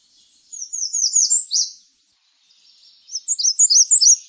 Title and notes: Laura Meyers Photograpy. American Redstart